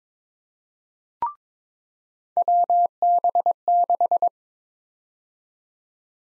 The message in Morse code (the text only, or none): WB6